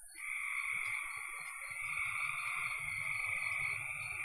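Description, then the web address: Frogs calling in a continuous, even trill that runs without a break, with a steady high-pitched whine above it and a soft, low rumbling underneath. "cn frogs"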